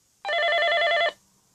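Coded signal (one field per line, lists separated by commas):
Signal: none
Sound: cellphone ringtone beeps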